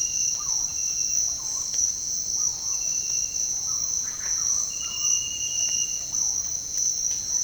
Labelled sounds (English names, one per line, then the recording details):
Purple-throated Fruitcrow
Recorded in dense forest near Puerto Asís, Putumayo, Colombia, on 19 February 2024 at 07:00
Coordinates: 0.485, -76.325
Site G6429